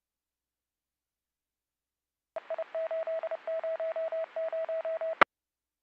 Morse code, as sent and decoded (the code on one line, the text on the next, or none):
. .. ---.. ----- -----
EI800